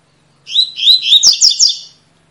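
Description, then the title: Double-collared seedeater singing one quick, high phrase of slurred, chirping notes that ends in a few sharp, accented elements. Tui-tui song style, a teacher song for training young birds. "COLEIRO TUI TUI FIBRA CANTO PROFESSOR"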